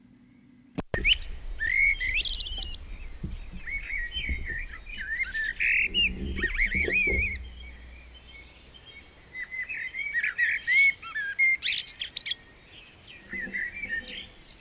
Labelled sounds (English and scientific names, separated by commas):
Common Blackbird (Turdus merula) song